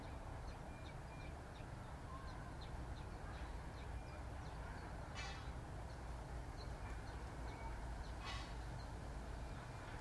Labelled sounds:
Common Chiffchaff (Phylloscopus collybita)
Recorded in captivity
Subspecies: collybita
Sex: male
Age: adult
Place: Volierenanlage, Zoologisches Institut Universität Tübingen, Baden-Württemberg, DE
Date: 1968-06-21 15:00
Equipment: Nagra III PH, MD 211, LGS26
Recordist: Schneider, Hans-Joachim

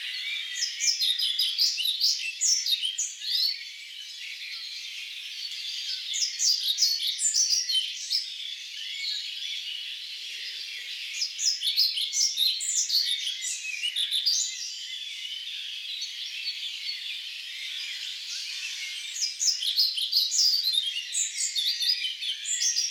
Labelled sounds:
European Pied Flycatcher (Ficedula hypoleuca) song
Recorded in the wild
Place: Lilienhof / Kaiserstuhl, Baden-Württemberg, DE
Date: 2011-05-08
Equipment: MiniDisc Sharp MT 20 H
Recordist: Schwarz, Dieter

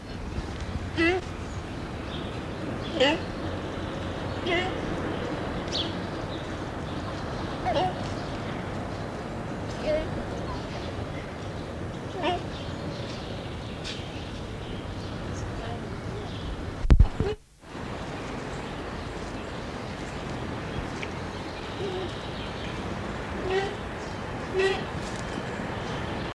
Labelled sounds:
Fallow Deer (Dama dama) call
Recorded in captivity
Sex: female
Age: adult
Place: Zoo Schwerin, Mecklenburg-Vorpommern, DE
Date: 1982-06-15 17:01
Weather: partly sunny, 17°C
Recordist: Tembrock, Günter

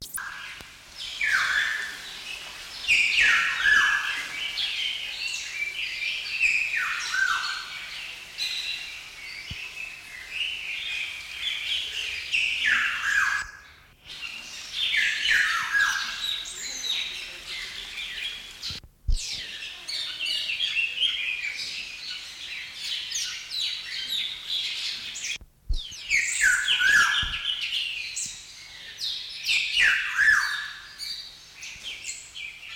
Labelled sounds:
Black-naped Oriole (Oriolus chinensis)
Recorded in captivity
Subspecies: celebensis
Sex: male
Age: adult
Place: Zoo Berlin, Berlin, DE
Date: 1993-10-16 10:30
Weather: heiter, 6-10 °C
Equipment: Marantz CP 430, Sennheiser MKH 416 T, Kopie Uher Variocord 263
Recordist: Tembrock, Günter
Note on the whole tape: Ssp. celebensis; Strophen in Tropenhalle

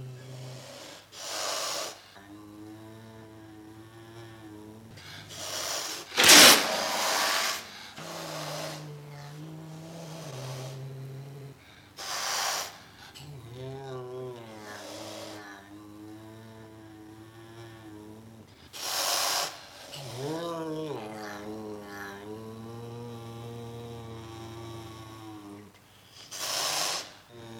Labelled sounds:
Serval (Leptailurus serval)
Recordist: Tembrock, Günter
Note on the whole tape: Paar: Fauchen, Knurren, Stoßlaute

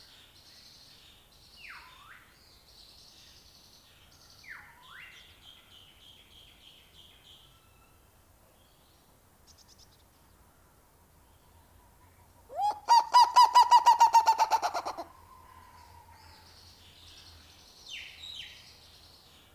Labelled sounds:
Black-legged Seriema (Chunga burmeisteri) call
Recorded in captivity
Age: adult
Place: Zoo Berlin, Berlin, DE
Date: 1997-12-23 10:08
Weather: overcast and hazy, ca. 1-2°C
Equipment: Nagra SN, Kopie Uher 4000 Report Monitor
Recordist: Tembrock, Günter
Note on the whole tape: Rufreihen (Pausen, z.T. geschnitten)

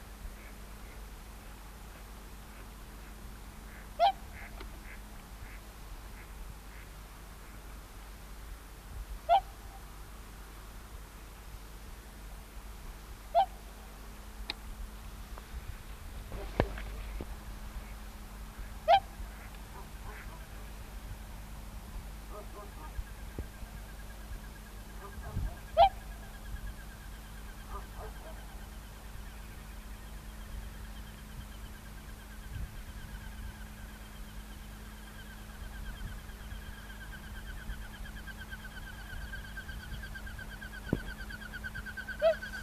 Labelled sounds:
Whooper Swan (Cygnus cygnus) call
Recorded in the wild
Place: Schlüsselburg Petershagen, Nordrhein-Westfalen, DE
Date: 1976-02-08
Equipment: Halbspur, 9,5 cm/s
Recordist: Lütgens, Hans

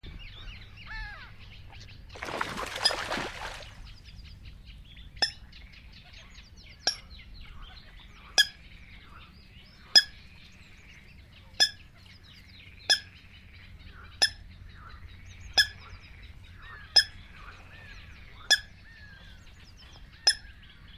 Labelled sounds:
Eurasian Coot (Fulica atra) call
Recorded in the wild
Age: adult
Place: Kützerhof, Kummerower See, Mecklenburg-Vorpommern, DE
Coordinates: 53.8531, 12.8686
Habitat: wetland
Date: 2010-06-10
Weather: 15°C, almost no wind
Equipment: Sound Devices 702, Sennheiser MKH 70, Rycote Windschutz
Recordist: Frommolt, Karl-Heinz

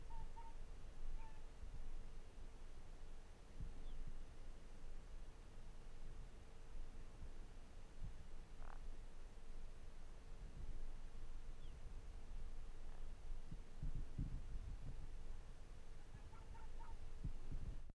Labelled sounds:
Arctic Fox (Vulpes lagopus)
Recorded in the wild
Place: Insel Mednyi, Kommandeur-Inseln, RU
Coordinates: 54.5167, 168.083
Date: 1999-08-03
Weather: 8°C, leichter Nebel, schwacher Wind
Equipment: Sony WM-D6C, Sennheiser ME 80, K 30 AV, Windkorb, Kopie Tascam DA 30
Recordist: Jakupi, Antje

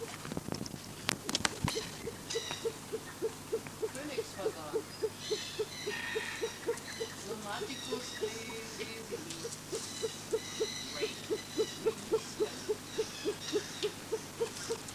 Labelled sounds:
Reeves's Pheasant (Syrmaticus reevesii) call
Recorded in captivity
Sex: male
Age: adult
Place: Tierpark Berlin, Berlin, DE
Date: 2006-09-14 18:17
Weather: sunny, 25°C
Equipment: Grundig CR 110, Sennheiser ME 80, Kopie Uher 4000 Report Monitor
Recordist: Tembrock, Günter

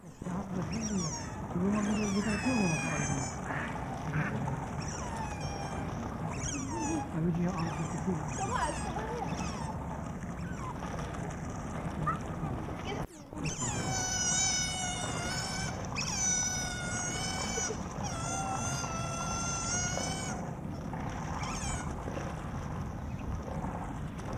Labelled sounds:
European Otter (Lutra lutra) call
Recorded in captivity
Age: adult
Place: Tierpark Berlin, Berlin, DE
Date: 1963-12-08
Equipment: R 21
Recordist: Tembrock, Günter

